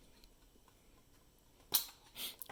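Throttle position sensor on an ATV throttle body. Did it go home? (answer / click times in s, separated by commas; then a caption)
released / 1.8 s. With its screw fully removed, the throttle position sensor is pulled off the throttle body of a 2012–2013 Polaris Sportsman or Scrambler 850 ATV and releases with a sharp click at 1.8 s, after which the voltage reading jumps to five volts. A softer, broader rustle follows around 2.2–2.3 s, then faint ticks near 2.4 and 2.5 s against a quiet background.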